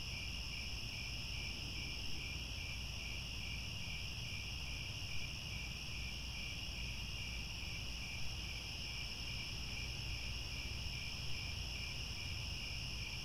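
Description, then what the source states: Dense chorus of crickets, an even high-pitched trill running without pause, with low rumble and occasional faint clicks. Crickets chirping at twilight.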